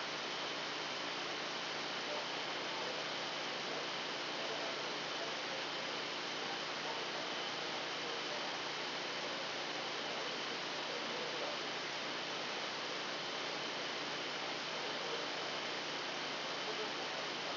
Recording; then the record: brain microelectrode recording played as sound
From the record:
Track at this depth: inside the subthalamic nucleus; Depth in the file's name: 1.513 mm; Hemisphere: left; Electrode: 2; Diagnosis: Parkinson's disease